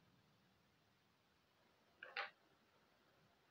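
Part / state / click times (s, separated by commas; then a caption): brake lever lock clamped onto motorbike handlebar and brake lever / seated / 2.0 s. A plastic and metal brake lever lock is placed over a motorbike handlebar and brake lever and pushed until it locks. A single sharp tick is heard at 2.0 seconds, followed by a brief louder burst, against a quiet background. The lock clicks shut and is seated.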